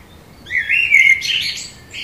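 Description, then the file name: Common blackbird song: a mellow fluting phrase around the middle, ending in a brief squeaky twitter. "Turdus merula"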